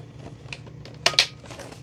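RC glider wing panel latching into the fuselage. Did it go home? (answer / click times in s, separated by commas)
yes / 1.1 s, 1.2 s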